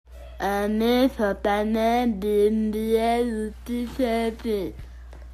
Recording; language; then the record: elicited speech; Bengali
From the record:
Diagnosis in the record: Broca's or global aphasia after a stroke